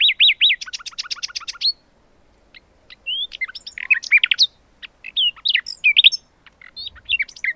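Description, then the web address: Common nightingale singing: opens with repeated slurred whistles, then a fast rattling trill, followed by a jumble of chirps, clicks and bright whistled notes. "agykontroll Madardalok Cd 2. Fülemüle"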